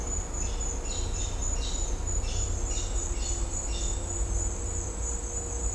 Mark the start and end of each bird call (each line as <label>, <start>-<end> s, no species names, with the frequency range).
bird call (2.3-6.5 kHz), 0.41-1.89 s
bird call (2.4-6.7 kHz), 2.19-4.12 s